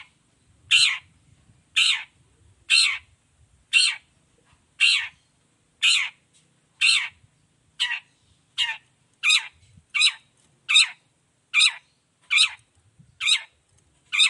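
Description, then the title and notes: Long-tailed shrike repeating a loud, rasping note about once a second in a long steady series, with faint low rumbles beneath. Gacor cendet (long-tailed shrike) singing in the morning in the 'toet toet' style with varied notes and a clear voice, offered for other cendet to imitate. "Cendet Gacor Dor Di Kala Pagi Toet Toet Variasi Suara. Cendet Gacor Suara Jernih Full Variasi Sangat Mudah Di Tiru Cendet Jenis Apapun. Burung cendet"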